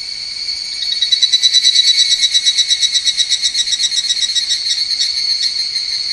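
Higurashi cicada starting softly, then breaking into a loud fast pulsed trill that slowly weakens across the phrase.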